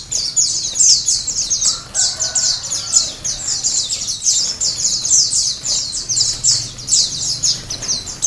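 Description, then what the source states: White-eyes twittering in a thick, high-pitched chorus of quick chirps. Ombyokan-style chorus of many white-eyes singing together, from a masteran (training) recording for cage birds.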